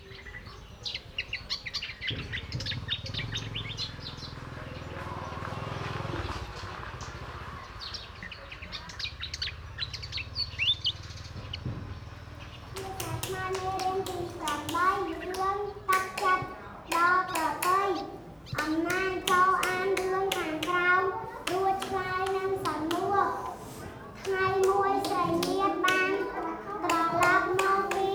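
Birds chirp in quick high bursts over a low rumble for the first dozen seconds. From about 13 seconds, loud laughter and voices take over, punctuated by sharp claps or knocks coming every second or so until the end.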